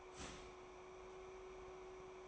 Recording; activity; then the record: daily activity, microphone in the room; start toaster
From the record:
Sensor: 1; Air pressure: 1014.7 hPa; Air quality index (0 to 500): 197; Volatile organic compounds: 31 ppm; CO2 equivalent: 2987 ppm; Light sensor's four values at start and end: 4/9/3/3 and 4/9/3/3